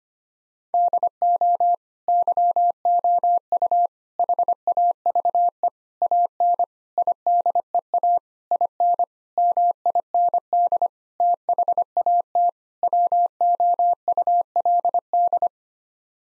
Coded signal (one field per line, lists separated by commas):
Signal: Morse code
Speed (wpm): 25 wpm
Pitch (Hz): 700 Hz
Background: none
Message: DO YOU HAVE AN IDEA IN MIND THAT WOULD